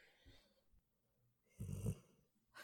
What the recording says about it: My dog was just snoring. He's literally twitching right now. I don't understand how he starts snoring so quickly.